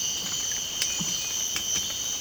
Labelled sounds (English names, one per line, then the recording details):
none
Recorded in dense forest near Puerto Asís, Putumayo, Colombia, on 8 March 2025 at 05:30
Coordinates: 0.486, -76.317
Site G053